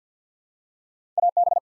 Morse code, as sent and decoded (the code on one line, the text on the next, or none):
.- -...
AB